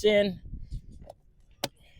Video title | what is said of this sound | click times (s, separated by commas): Setting up Club Booster V2 & Electric Caddy Bundle at the golf course. | and it clicks in like this. | 1.6 s